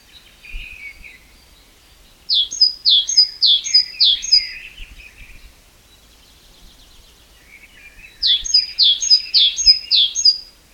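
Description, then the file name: Great tit singing two bursts of several quick repeated two-note phrases, high then lower, separated by a few seconds of quieter sound. "Parus major"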